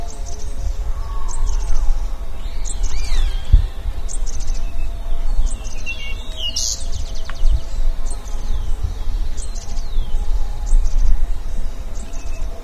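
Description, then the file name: Bird calls, scattered sharp chirps and a few looping whistled notes from several birds over constant low background rumble. "SABIOD 50 bird 2015"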